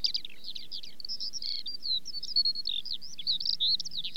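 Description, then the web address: Eurasian skylark singing a rapid, fluttering run of chirps, short whistles and trills without a break, over a soft low hum. "The BBC Sound Effects Library - Complete 60 CDs Collection Sound Effects Library-12 (British Birds) 17 Skylark"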